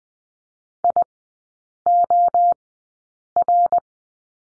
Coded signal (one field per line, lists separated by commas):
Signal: Morse code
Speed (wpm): 20 wpm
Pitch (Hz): 700 Hz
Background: none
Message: IOR